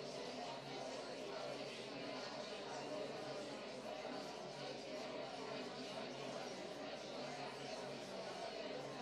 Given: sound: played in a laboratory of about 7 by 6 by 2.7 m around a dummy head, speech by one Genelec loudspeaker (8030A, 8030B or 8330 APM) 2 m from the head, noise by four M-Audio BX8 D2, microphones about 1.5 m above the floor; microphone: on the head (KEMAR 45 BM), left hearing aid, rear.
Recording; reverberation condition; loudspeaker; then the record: babble noise; medium; four, about 170 cm from the corners of the room and facing them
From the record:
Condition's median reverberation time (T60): about 510 ms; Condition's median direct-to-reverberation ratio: about -0.5 dB